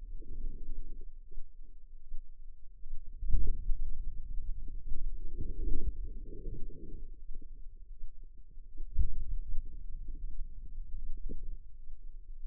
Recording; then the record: forearm muscle sounds (acoustic myography)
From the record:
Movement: finger pinch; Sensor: system 2, bracelet of six BSWA MPA416 microphones around the upper forearm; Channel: 6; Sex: female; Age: 25 years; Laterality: right